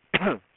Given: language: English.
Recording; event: throat vibration sensor signal played as sound; cough